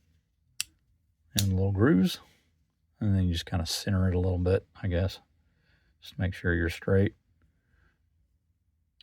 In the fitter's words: and it will snap into place